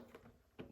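A plastic water reservoir bottle pops out of the base of a gravity pet water bowl, the tip-over safety release that keeps the water from spilling if the bowl falls over. A faint knock sounds at 0.2 s, then a sharper click at 0.6 s as the bottle releases from the base.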